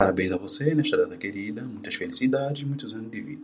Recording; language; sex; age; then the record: short text; Brazilian Portuguese; male; 30 to 39 years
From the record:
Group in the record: control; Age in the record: 36 years